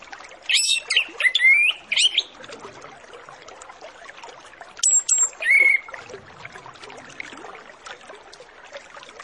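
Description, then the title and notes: Orange-headed Thrush singing two short bursts of varied whistles and slurred rising notes, with a quiet gap between them and constant background hiss. Master lure recording of Orange-headed Thrush full song packed with fill phrases, meant to prompt birds to sing quickly and openly. "Masteran Anis Kembang Full Isian Untuk Suara Pancingan Anis Kembang Agar Cepat Ngeplong. Suara Burung Anis Kembang"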